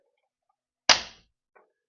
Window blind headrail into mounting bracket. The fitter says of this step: And then you're going to tilt it up back, and you're going to hear it click.